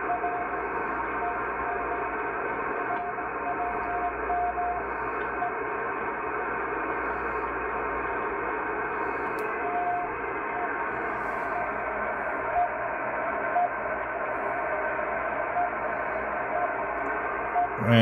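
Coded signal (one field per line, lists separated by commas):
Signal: radio time signal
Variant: RWM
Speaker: 9996 rwm Moscow time signal on the MLA 30 Loop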